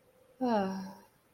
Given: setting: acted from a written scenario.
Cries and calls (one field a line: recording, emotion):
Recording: vocal sound without words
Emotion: serenity